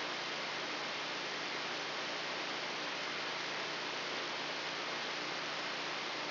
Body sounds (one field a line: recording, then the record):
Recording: brain microelectrode recording played as sound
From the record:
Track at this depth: outside the subthalamic nucleus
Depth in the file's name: 4.906 mm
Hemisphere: left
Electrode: 3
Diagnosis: Parkinson's disease